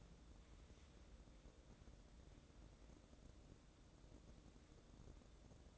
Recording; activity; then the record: daily activity, microphone in the room; wipe stove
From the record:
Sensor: 3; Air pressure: 1012.3 hPa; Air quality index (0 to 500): 172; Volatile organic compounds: 3 ppm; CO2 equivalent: 1318 ppm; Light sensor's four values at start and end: 572/1419/585/595 and 563/1396/576/584